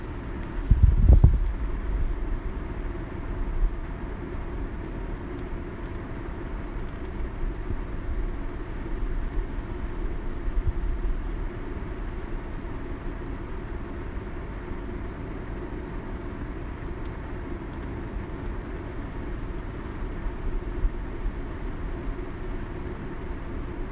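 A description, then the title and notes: Air conditioning hums and rumbles steadily in a low, even drone, with a brief louder thump just after the start. Air conditioning.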